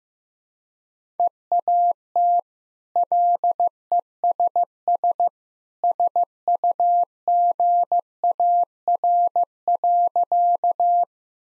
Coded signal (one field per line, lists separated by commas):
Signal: Morse code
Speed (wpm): 15 wpm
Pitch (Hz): 700 Hz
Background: none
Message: EAT LESS SUGAR.